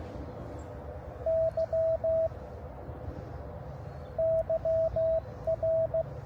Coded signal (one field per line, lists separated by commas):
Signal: Morse code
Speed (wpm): 16 wpm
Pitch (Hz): 650 Hz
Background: radio noise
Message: Y YR